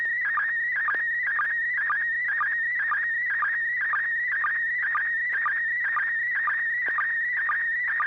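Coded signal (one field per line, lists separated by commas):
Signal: SSTV (slow-scan television)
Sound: warbling tone around 1.5-2.3 kHz with short low sync blips twice a second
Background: steady low hum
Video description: River City ARCS SSTV Net 9 pm Wednesdays Pacific Time on N6NA FM repeater 441.300 MHz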